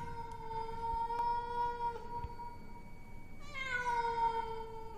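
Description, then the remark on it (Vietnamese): A black cat sitting on a coffin lets out long, drawn-out mournful meows, a sustained wavering cry followed by a second, slightly higher wail that slowly falls in pitch, with no one speaking. “chỉ có con mèo đen, nó vẫn ngồi ở đấy, đôi mắt sáng rừng rực mà kêu lên ai oán.”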